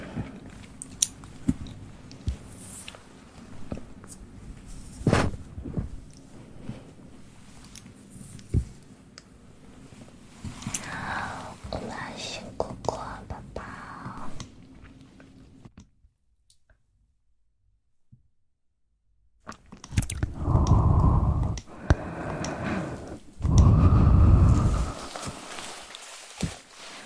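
Mouth sounds and mic handling: wet clicks and sharp taps, swirling rubbing near the middle, near-silence around 16–19 seconds, then heavy low pumping thumps.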